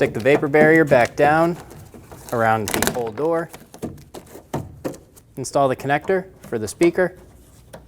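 Someone talks while the speaker wiring connector is handled and pushed toward the door speaker of a 2008-2015 Scion xB front door, after the vapor barrier is stuck back down around the door during a front power window motor and regulator replacement. Brief sharp taps and knocks are heard around 3.7 to 4.5 seconds and again near 7.7 seconds. Nothing has seated or clicked yet.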